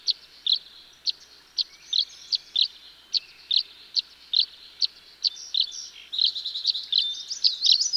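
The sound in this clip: Tree swallow calls: a steady series of sharp high chirps, becoming a busier gurgling twitter toward the end.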